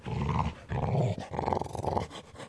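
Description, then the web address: Dog growling, low rough rumbles in several bursts of about half a second each, with short breaks between them. "blue archive Audio SFX SE Dog"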